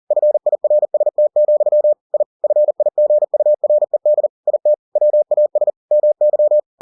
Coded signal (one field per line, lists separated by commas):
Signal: Morse code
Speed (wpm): 40 wpm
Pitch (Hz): 600 Hz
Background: none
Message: FIRST, I FIGURED IT WAS MY